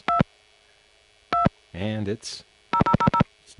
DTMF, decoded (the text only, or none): 220000